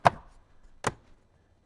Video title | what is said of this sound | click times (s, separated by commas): Jeep Wrangler JL Alpine i509-WRA-JL Head Unit Installation - 2018 - 2023 Jeep Wrangler JL | the bottom and just push until it clicks so now that that's back on | 0.1 s, 0.9 s